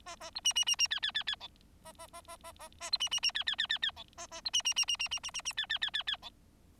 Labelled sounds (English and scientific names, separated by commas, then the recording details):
Bengalese Finch (Lonchura striata domestica) song
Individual Bird4